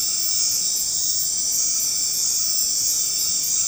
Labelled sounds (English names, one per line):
none